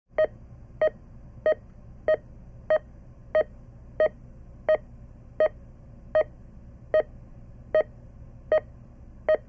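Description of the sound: A hospital heart monitor beeps steadily, a short mid-pitched electronic tone repeating about 90 times a minute over a faint low background hum.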